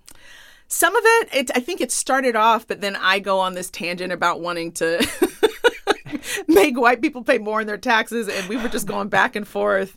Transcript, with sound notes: Some of it. I think it started off, but then I go on this tangent about wanting to (laughter) make white people pay more on their taxes. And we were just going back and forth.